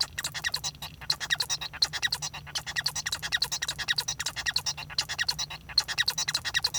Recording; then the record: song of a male Bengalese finch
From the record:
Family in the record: son of father 1